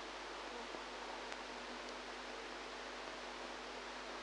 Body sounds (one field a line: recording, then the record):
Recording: brain microelectrode recording played as sound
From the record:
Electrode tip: outside the subthalamic nucleus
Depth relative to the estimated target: 1 mm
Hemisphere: right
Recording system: NeuroSet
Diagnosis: Parkinson's disease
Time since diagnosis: 8 years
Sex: female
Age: 45 years